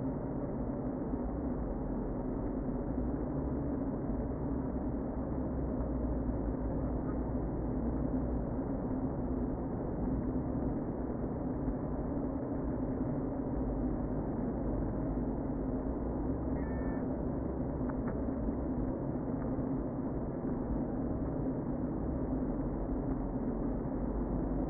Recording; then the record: honeybee colony, microphone inside the hive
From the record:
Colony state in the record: queen present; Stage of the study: before two queens were removed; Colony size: about 60,000 bees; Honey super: yes